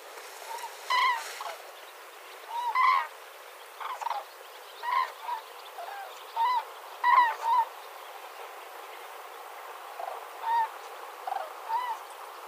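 Common Crane calls, short trumpeting honks given irregularly, some in quick pairs, against a steady background hiss.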